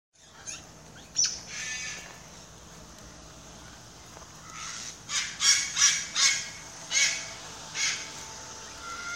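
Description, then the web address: Parrot giving harsh, buzzy squawks, sparse early on, then a rapid burst of loud repeated screeches in the second half over a soft hiss. "The Bird Sanctuary. parrots"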